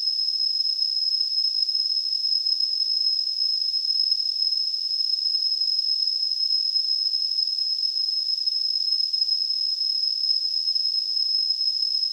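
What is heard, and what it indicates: A synthesized, steady, high-pitched tone near 5 kHz with a faint surrounding hiss, continuous and unchanging throughout, simulating tinnitus.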